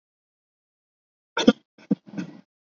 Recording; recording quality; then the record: shallow voluntary cough; poor, much background noise or distortion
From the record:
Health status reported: recovered from COVID-19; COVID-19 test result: negative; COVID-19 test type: RT-PCR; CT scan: not taken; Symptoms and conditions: cough, cold, sore throat, fever, fatigue, muscle pain, loss of smell and taste, diarrhoea, asthma, diabetes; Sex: female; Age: 32 years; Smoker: no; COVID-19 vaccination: both doses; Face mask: worn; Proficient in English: yes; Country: India